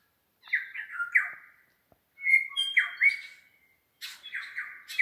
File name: New Zealand Bellbirds (Anthornis melanura) singing in Craigieburn Range